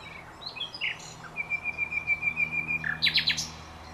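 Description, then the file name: Common nightingale song phrase: scattered chirps, then a long even trill of quick repeated notes, followed by a loud burst of sharp notes at the end. "Luscinia megarhynchos"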